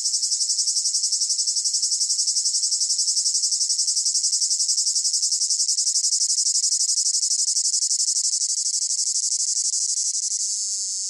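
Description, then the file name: Cicada buzzing song: a piercing high whine in rapid pulses, steady throughout and easing slightly at the end. Close up; rhythmic chirping in long phrases with a piercing whine. "gain walkers CICADA Close Up Rhythmic Chirping Long Phrases Piercing Whine"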